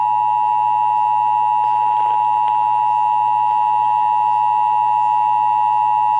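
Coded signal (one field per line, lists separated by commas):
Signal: Emergency Alert System (SAME) tones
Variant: 853 and 960 Hz attention tone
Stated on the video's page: Severe Thunderstorm Warning alert tones received from weather radio station KEC55 and AM station WBAP.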